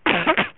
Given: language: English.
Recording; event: throat vibration sensor signal played as sound; cough